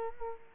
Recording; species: mosquito wingbeat signal from an infrared sensor; Culex quinquefasciatus